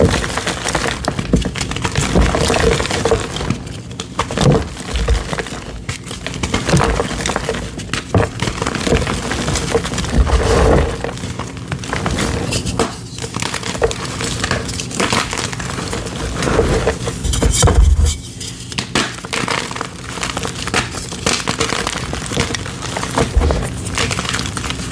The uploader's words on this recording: ASMR crushing gym chalk rainbow cylinders.